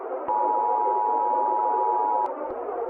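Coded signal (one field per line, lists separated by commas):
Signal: Emergency Alert System (SAME) tones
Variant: 853 and 960 Hz attention tone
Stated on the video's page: Fictional Emergency Alert System scenario, a made-up alert about aliens escaping Area 51, not a real broadcast.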